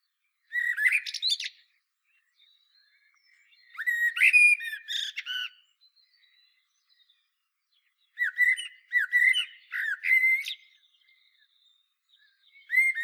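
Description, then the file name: Common blackbird song, repeated phrases of rich whistled notes that slur up and down, each finished with high squeaky chatter, separated by pauses of a couple of seconds. "Turdus merula"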